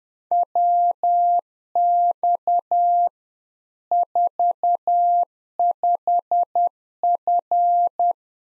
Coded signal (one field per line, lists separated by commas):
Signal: Morse code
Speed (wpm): 10 wpm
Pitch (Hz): 700 Hz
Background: none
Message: WX 45F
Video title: Practice QSO - Exchange 2- Info - 10wpm